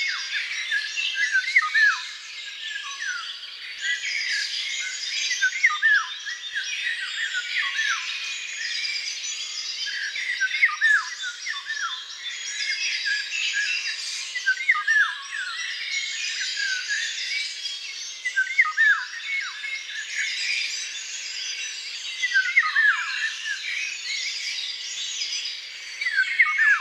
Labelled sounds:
Eurasian Golden Oriole song
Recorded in the wild
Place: Waltershofen / Freiburg im Breisgau, Baden-Württemberg, DE
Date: 2005-05-12
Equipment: Minidisc Sony MZ-R35, Telinga DAT, Telinga-Parabolspiegel
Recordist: Schwarz, Dieter

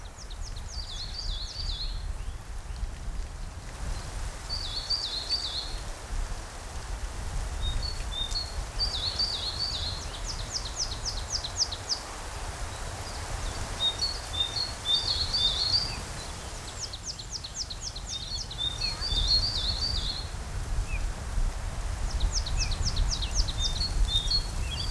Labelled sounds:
Coal Tit song
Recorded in the wild
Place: Oberstdorf, Bayern, DE
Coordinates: 47.3661, 10.3014
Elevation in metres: 923
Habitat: mountains
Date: 1979-04-13
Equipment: Uher 4000 Report
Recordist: Tretzel, Erwin

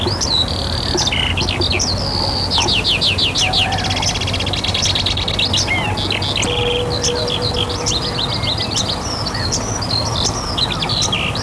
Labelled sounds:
Corn Bunting
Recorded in the wild
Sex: male
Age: adult
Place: Halle, Sachsen-Anhalt, DE
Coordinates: 51.4667, 12.0167
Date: 1966-04-30
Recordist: Stiefel, Arnd

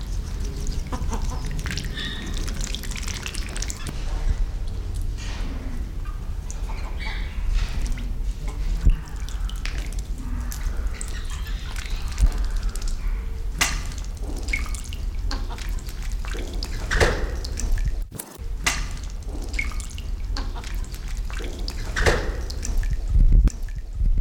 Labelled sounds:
Ringed Teal call
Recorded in captivity
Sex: male
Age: adult
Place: Zoo Berlin, Berlin, DE
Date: 1993-01-01 12:06
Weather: sonnig, -6°C
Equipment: Marantz CP 430, Sennheiser ME 80, Kopie Uher Variocord 263
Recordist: Tembrock, Günter

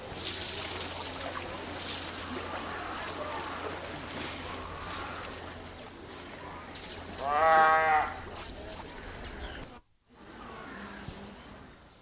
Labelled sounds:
Brown Fur Seal call
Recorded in captivity
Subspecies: pusillus
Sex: male
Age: adult
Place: Zoo Berlin, Berlin, DE
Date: 1997-10-18 13:10
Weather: sunny, 12-15°C
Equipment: Nagra SN, Kopie Uher 4000 Report Monitor
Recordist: Tembrock, Günter

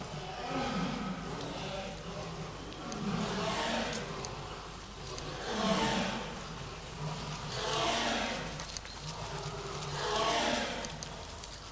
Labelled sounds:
Lion call
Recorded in captivity
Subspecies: persica
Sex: diverse
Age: adult
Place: Tiergarten Nürnberg, Bayern, DE
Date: 1998-11-13 10:04
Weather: overcast, ca. 2-3°C
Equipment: Sony MD-WM MZ-R3, Sennheiser MKH 416 T, Kopie Uher 4000 Report Monitor
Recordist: Tembrock, Günter

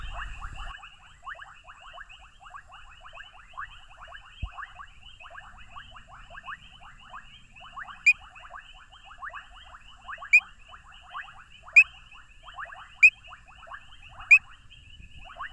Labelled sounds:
Painted Reed Frog call
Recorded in the wild
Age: adult
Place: Hoedspruit, Marepe Lodge, ZA
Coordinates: -24.45, 30.84
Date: 1995-02-13 20:11
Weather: 28°C
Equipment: Sony TCD-D3, Sennheiser ME 80, K 30 AV
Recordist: Fischer, Werner

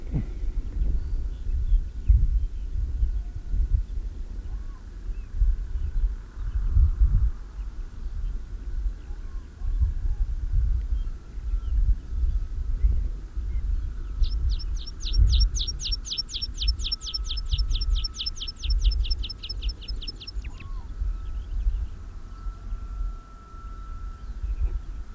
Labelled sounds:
Meadow Pipit song
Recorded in the wild
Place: Rhinluch, Brandenburg, DE
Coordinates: 52.817, 12.733
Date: 1971-05-01
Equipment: Nagra III BH, Sennheiser MD 21, parabola
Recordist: Schubert, Michael

